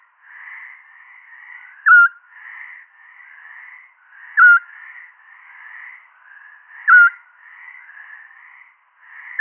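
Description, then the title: Eurasian scops owl giving brief mellow whistles, evenly spaced about 2.5 seconds apart, four notes heard, with a soft continuous trilling chorus behind. "Sylvain Jaskowiak - Mes piafs. Petit Duc Scops"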